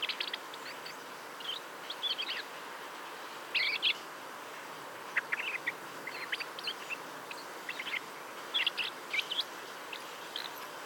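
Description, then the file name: Common blackbird calls: short, sharp chirping notes in scattered bursts, some clustered around four and nine seconds, over a steady soft background hiss. "Turdus merula"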